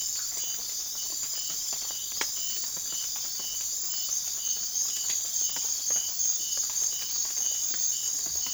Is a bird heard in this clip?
no